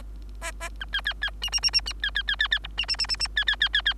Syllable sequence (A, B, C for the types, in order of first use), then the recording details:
A A B C C C D D D D D C C C C C E D D D D D C C C C C. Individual Bird3